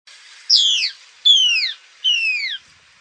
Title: LuckyPassaro Completos2Sama. Plain-crested Elaenia (Elaenia cristata)